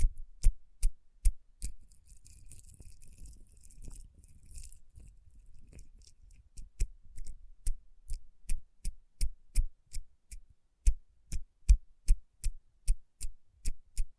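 Crisp tapping on a hard, glittery surface, first a few isolated taps, then a soft scratchy rubbing from about two to six seconds. After that the tapping returns as a steady, quick, even rhythm of sharp clicks that continues to the end.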